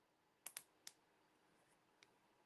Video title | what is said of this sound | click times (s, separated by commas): Sewing a Memory Bear | And then you'll hear the clicks for your backing. You want it you want to click it as many times as you can. | 0.5 s, 0.6 s, 0.9 s, 2.0 s